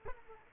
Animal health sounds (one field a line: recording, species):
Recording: mosquito wingbeat signal from an infrared sensor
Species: Aedes aegypti